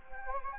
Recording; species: mosquito wingbeat signal from an infrared sensor; Anopheles gambiae